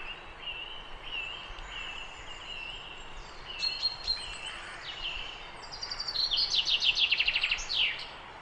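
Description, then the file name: Common chaffinch song: a bright descending trill of repeated notes ending in a flourish, after several fainter chirps, amid soft background noise. "Fringilla coelebs"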